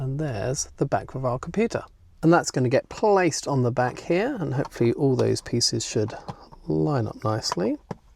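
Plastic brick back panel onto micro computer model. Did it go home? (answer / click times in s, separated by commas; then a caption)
no / none. Someone talks while handling the plastic LEGO brick back panel of a micro LEGO computer model, bringing it up to the model's studs for placement. Nothing has seated or clicked yet; the panel is not yet pressed home.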